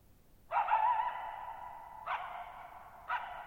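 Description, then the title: Coyote howling: one long wavering howl, then two short yelping bursts, each trailing into a long, ringing echo over a quiet night background. Lone coyote moving around a shallow bowl-shaped meadow, keeping its distance, on the night of 14 July 2019; Thirtymile Meadows, Okanogan National Forest, 6400 ft, on a high dry plateau. "Coyote Getting Closer"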